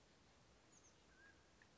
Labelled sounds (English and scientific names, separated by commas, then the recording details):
Mountain Quail (Oreortyx pictus)
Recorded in Sonoma County, California